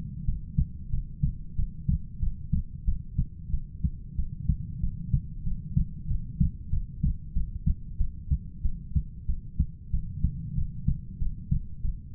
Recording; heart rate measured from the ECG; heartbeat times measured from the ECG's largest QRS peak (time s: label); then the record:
heart sounds by stethoscope; 93 bpm
0.26 s: heartbeat
0.91 s: heartbeat
1.57 s: heartbeat
2.21 s: heartbeat
2.86 s: heartbeat
3.51 s: heartbeat
4.17 s: heartbeat
4.81 s: heartbeat
5.45 s: heartbeat
6.08 s: heartbeat
6.71 s: heartbeat
7.34 s: heartbeat
7.98 s: heartbeat
8.63 s: heartbeat
9.27 s: heartbeat
9.92 s: heartbeat
10.56 s: heartbeat
11.19 s: heartbeat
11.82 s: heartbeat
From the record:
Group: heart failure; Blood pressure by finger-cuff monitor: 86/54 mmHg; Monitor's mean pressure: 63 mmHg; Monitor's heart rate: 93 bpm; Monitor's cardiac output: 7.8 L/min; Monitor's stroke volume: 85 mL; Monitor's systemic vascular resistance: 580 dyn s/cm5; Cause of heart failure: ischemic heart disease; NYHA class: 1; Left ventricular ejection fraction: 38%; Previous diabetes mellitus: present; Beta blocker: bisoprolol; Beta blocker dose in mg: 15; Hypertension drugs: sacubitril-valsartan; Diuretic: furosemide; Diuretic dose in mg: 20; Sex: male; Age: 33 years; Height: 172 cm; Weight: 78.5 kg